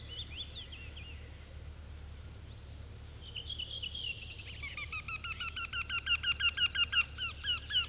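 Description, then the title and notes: Eurasian wryneck giving a rapid run of nasal, slightly downslurred notes that grows louder, after faint twittering from other birds. Spring nature sounds; Päijät-Häme, Finland. "A33 Käenpiika. Kevät - Luontoääniä Päijät-Hämeestä. Ilkka Heiskanen"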